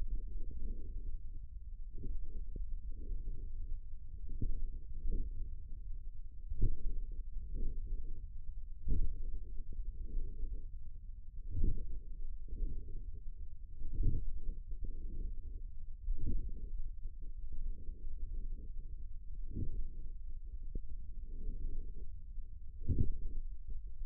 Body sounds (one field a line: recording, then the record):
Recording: forearm muscle sounds (acoustic myography)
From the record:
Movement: forearm pronation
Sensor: system 1, eight BSWA MPA416 microphones around the upper forearm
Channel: 6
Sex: male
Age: 54 years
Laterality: right